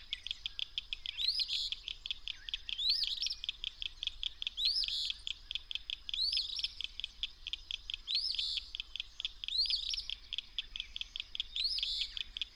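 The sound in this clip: Bird song: high, twittering phrases of rapid chirps with sharply rising notes, recurring at short intervals over steady high-pitched chatter.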